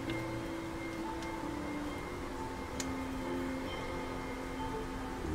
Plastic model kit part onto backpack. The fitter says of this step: And this one didn't snap at all.